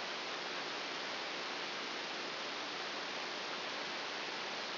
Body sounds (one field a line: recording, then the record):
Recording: brain microelectrode recording played as sound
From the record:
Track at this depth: outside the subthalamic nucleus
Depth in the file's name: 5.201 mm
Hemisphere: right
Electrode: 2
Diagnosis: Parkinson's disease